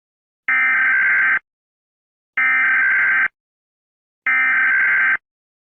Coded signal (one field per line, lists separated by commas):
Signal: Emergency Alert System (SAME) tones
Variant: header bursts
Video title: RABID THE MOVIE - A EAS Scenario Movie